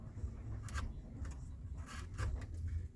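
Improvised metal removal keys are pushed into the side holes of an Opel car radio, scraping and rubbing against the metal. Sharp clicks at 0.7 s and 1.3 s mark the keys seating into the radio's retaining latches. Further rubbing and scraping follow as the keys are worked in place.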